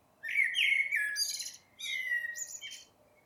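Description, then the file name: Eurasian blackbird song: two low fluted warbling phrases, each running into a thin, squeaky high twitter, separated by a short pause. "Turdus merula"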